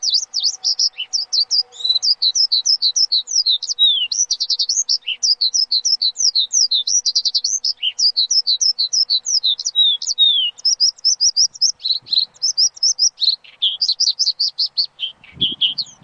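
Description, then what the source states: Javan bush lark: bird song of rapid, whistled, slurred high notes repeated in a long unbroken stream, closing with a soft low thump. Song used as a lure recording (pancingan); the bird is described as gacor, singing actively.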